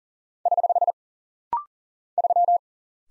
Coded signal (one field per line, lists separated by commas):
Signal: Morse code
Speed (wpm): 40 wpm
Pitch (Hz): 700 Hz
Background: none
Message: <HH> 3